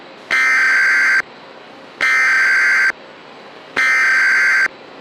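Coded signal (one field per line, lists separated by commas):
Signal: Emergency Alert System (SAME) tones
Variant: header bursts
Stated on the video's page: Fictional EAS scenario that may contain actual EAS tones.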